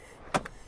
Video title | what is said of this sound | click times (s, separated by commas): evenflo Revolve 360 Extended car seat Installation | front facing now locks into place | 0.4 s, 0.5 s